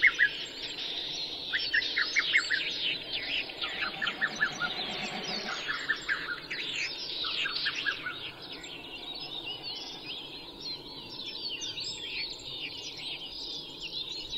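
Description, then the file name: Latham's snipe giving brief series of rapid, harsh notes in the first half, with a busy high-pitched chorus of other birds. Recorded 12 June 2011 at 03:37. "oojisigi-20110612-0337"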